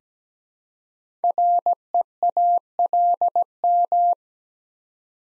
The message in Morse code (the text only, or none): REALM